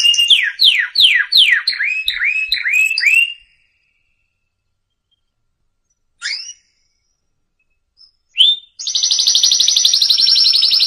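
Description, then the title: Canary song: a series of downward-sweeping whistled notes, a pause with a few isolated chips, then a dense high buzzy trill. Canary singing prolifically (gacor) with full, varied song (full isian); masteran training recording for caged lovebirds, white-rumped shamas (murai batu), canaries and green leafbirds (cucak ijo). "Masteran Kenari Gacor Full Isian Untuk Lovebird, Murai Batu, Kenari, Cucak Ijo"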